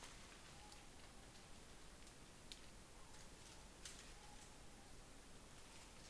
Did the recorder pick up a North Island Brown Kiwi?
no